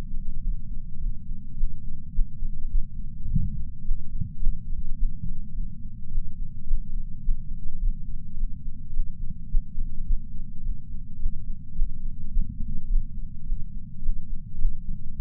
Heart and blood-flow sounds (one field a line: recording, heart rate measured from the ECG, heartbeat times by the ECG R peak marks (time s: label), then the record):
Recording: heart sounds by patch sensor on the chest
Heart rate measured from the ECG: 106 bpm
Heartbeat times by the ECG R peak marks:
0.41 s: heartbeat
0.99 s: heartbeat
1.55 s: heartbeat
2.12 s: heartbeat
2.69 s: heartbeat
3.26 s: heartbeat
3.83 s: heartbeat
4.39 s: heartbeat
4.96 s: heartbeat
5.53 s: heartbeat
6.09 s: heartbeat
6.65 s: heartbeat
7.21 s: heartbeat
7.78 s: heartbeat
8.35 s: heartbeat
8.91 s: heartbeat
9.48 s: heartbeat
10.04 s: heartbeat
10.62 s: heartbeat
11.18 s: heartbeat
11.74 s: heartbeat
12.30 s: heartbeat
12.87 s: heartbeat
13.44 s: heartbeat
14.01 s: heartbeat
14.57 s: heartbeat
15.14 s: heartbeat
From the record:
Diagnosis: coronary artery disease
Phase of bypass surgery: postoperative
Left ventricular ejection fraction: 54.7%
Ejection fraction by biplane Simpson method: 51.3%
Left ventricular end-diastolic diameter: 46 mm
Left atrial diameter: 45 mm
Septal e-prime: 5.3 cm/s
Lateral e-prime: 7.1 cm/s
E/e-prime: 10.6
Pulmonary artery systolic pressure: 26 mmHg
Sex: male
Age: 58 years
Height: 182 cm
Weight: 89 kg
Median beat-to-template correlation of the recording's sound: 0.72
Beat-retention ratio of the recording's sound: 0.99